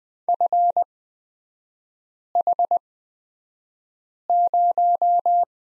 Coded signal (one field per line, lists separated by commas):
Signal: Morse code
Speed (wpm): 20 wpm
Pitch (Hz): 700 Hz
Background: none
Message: FH0